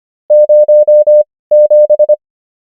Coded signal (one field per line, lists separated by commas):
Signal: Morse code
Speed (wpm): 25 wpm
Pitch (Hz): 600 Hz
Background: none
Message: 07